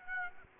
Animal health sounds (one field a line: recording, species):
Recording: mosquito wingbeat signal from an infrared sensor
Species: Aedes aegypti